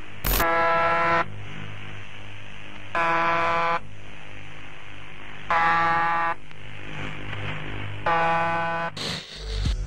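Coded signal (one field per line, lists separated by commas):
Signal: channel marker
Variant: UVB-76 (The Buzzer)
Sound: four short harsh buzzes, roughly 2.5 seconds apart, with radio hiss between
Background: radio static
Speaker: tikko dzirdētais ir translācija no vienas no visnoslēpumaināk un dīvainākajām īsviļņu radio stacijām pasaulē uvb76 ir īsviļņu radio stacija kas pazīstama ar savu nemainīgo skaņas signālu kas atgādina sīcošu troksni vai signālu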